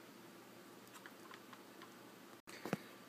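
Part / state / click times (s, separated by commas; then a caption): plastic palm rest bezel clipping into a laptop base / seated / 2.7 s. With its top tabs already seated, the bottom edge of the plastic palm rest/keyboard bezel on an IBM R51 laptop is pressed down so its clips snap into the chassis during a RAM install. Over a low, steady background there are faint light ticks between about 1.1 and 1.8 s and a brief dropout near 2.4 s, then a small cluster of clicks ending in a quiet, sharp snap at 2.7 s. The bezel is seated.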